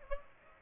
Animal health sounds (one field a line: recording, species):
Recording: mosquito wingbeat signal from an infrared sensor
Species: Aedes aegypti